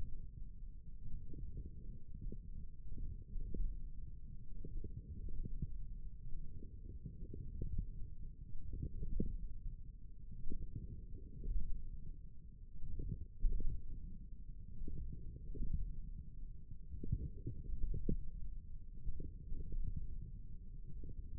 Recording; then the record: forearm muscle sounds (acoustic myography)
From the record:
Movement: wrist flexion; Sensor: system 1, eight BSWA MPA416 microphones around the upper forearm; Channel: 1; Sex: male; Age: 42 years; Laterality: right